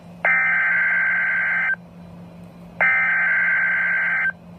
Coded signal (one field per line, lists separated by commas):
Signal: Emergency Alert System (SAME) tones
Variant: header bursts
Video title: Severe thunderstorm warning for my area+ MAJOR TV EAS FAILS!(9/10/16) (EAS #83) (READ DESC.)